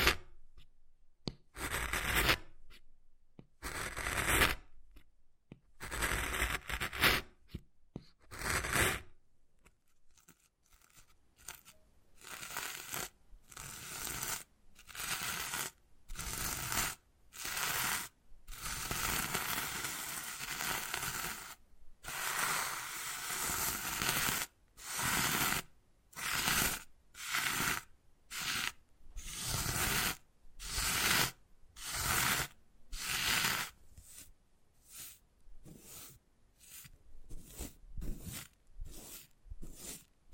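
Wood carving with repeated rasping scrapes, steady strokes of about one per second that grow quicker and shorter toward the end.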